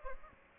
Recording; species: mosquito wingbeat signal from an infrared sensor; Aedes aegypti